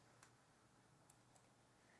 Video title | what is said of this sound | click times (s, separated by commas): Tapo C260 Setup Tutorial: From Unboxing to Live Feed | And then I push it until I hear a click. | 1.1 s